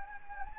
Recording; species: mosquito wingbeat signal from an infrared sensor; Anopheles gambiae